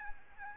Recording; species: mosquito wingbeat signal from an infrared sensor; Aedes albopictus